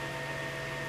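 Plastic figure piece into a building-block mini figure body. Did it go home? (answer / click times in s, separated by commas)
no / none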